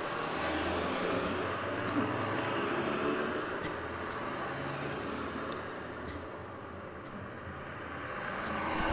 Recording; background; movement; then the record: throat clearing; traffic; sitting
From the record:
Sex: female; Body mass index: 25.5 kg/m2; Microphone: on the chest, facing outward